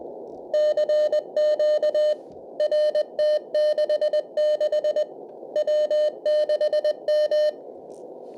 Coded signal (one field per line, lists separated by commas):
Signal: Morse code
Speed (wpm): 20 wpm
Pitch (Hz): 600 Hz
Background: none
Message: CQ RT66 W6M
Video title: Getting Started with DSP 2.4 Software Defined Radio and Unboxing.